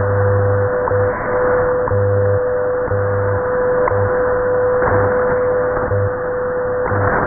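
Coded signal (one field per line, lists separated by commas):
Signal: radio time signal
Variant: WWV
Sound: steady 500 Hz tone interrupted by short clicks each second, low 100 Hz pulses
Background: radio static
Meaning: Ticks mark each UTC second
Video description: Time signals from Colorado received loud and clear, with Hawai barely audible in the background on 10 mHz.around 0620 UTC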